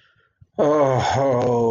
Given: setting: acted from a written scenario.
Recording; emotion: vocal sound without words; sadness